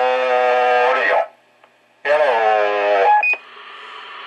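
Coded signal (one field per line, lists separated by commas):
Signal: roger beep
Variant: CB radio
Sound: voice over radio ends with a short two-note beep, then static hiss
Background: radio static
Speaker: You hear the Roger beep in there?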